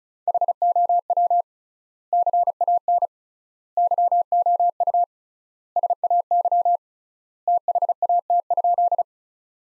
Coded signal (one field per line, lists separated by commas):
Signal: Morse code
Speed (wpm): 36 wpm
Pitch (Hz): 700 Hz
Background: none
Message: HOW CAN YOU SAY THAT?